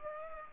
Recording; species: mosquito wingbeat signal from an infrared sensor; Aedes aegypti